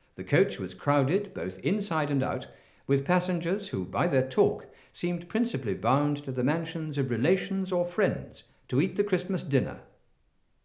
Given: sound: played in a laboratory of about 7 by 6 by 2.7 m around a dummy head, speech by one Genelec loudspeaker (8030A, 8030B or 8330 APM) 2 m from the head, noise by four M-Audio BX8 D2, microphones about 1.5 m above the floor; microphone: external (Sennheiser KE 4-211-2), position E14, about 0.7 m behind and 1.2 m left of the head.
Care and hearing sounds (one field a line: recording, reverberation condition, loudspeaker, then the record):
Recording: male speech in English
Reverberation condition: medium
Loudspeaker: 120 degrees to the left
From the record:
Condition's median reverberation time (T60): about 510 ms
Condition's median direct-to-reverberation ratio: about -0.5 dB